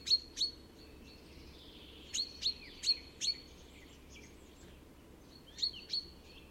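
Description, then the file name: Common chaffinch calls: sharp, short high notes, often in pairs, given at irregular intervals over faint thin sounds and a steady low hiss. "Fringilla coelebs"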